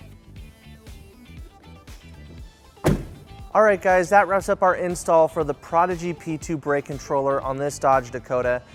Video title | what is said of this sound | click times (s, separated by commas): 1998 Dodge Dakota Trailer Brake Controller Installation- Prodigy P2 | And then we're just going to push this in until it locks into place. | 2.9 s